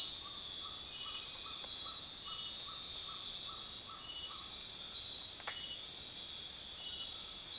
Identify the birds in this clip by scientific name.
Aramides cajaneus